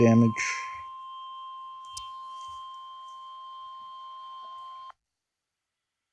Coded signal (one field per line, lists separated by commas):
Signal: Emergency Alert System (SAME) tones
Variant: 1050 Hz attention tone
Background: speech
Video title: EAS 57 - Another Marine Warning Destin FL